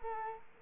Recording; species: mosquito wingbeat signal from an infrared sensor; Culex quinquefasciatus